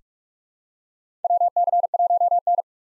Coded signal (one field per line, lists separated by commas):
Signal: Morse code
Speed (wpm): 46 wpm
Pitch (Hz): 700 Hz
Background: none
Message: WC1N